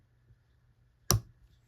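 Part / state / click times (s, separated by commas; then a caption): side plate in revolver frame / released / 1.1 s. The steel side plate of a Smith & Wesson K-frame revolver is worked free of the frame with a rocking motion rather than being forced with the screw. After near silence, a single sharp pop rings out at 1.1 s as the side plate comes loose.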